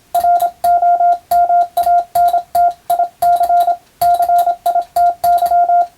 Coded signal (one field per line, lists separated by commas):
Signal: Morse code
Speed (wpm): 27 wpm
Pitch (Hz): 700 Hz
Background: none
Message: ROMANTIC CITY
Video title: アマチュア無線のＦＴ８も楽しいけどＣＷはもっと楽しいぞ！モールス信号を操る匠の技！自分の頭の中で符号を変換して脳を活性化！morse code practice for radio operator)